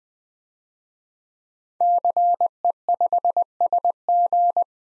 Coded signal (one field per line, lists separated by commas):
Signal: Morse code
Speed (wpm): 20 wpm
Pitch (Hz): 700 Hz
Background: none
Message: CE5SG